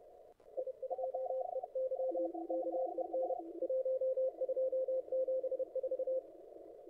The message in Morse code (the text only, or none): I2EY KEN 1274